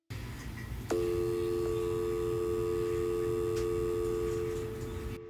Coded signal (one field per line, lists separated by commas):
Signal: telephone call progress tone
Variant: North America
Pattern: dial tone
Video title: Dial tone (Single)